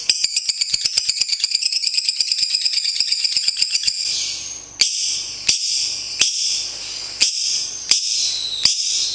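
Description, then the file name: Lovebird song of fast, shrill chattering notes for four seconds, then broken into longer scratchy bursts separated by sharp clicks. Champion bird of a national singing contest. "Suara Lovebird Juara Lomba Nasional Madonna"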